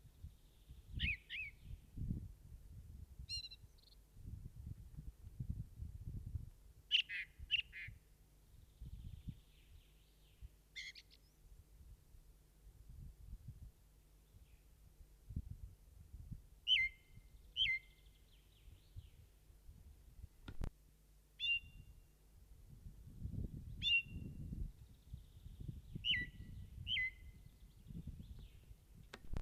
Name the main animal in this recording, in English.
Ring Ouzel